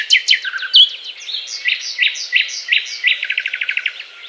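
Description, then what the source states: Nightingale singing varied phrases, sharp high notes followed by repeated rich chirps and ending in a fast rattling trill of short notes. Song described as a love serenade.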